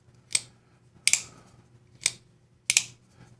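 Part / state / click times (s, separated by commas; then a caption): folding knife blade lock in the handle / seated / 1.1 s, 2.7 s. The blade of a Tactile Knife Co Chupacabra folding knife is swung open repeatedly in its handle, producing sharp, bright metal clicks at about 0.4, 1.1, 2.1 and 2.7 seconds. The Superlock engages at 1.1 s and again at 2.7 s, each time with a quick double click like a nub detent. The lock seats into place both times.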